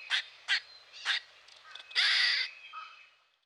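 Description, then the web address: Grey squirrel harsh calls: three short rasping bursts, then a longer buzzy, hoarse call fading into softer trailing notes. Grey squirrel from eastern North America. "Dan Gibson Wildlife Identification By Sound, Eastern North America Pt 2. Grey Squirrel"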